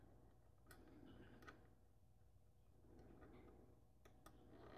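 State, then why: Not seated. A tiny micro SMA/U.FL-type coaxial antenna connector is pressed by hand toward its socket on the transmitter circuit board of a Hubsan 501S FPV drone during a range mod. A few small, sharp ticks and taps sound over a steady low hum as the connector is handled. Nothing has seated or clicked yet.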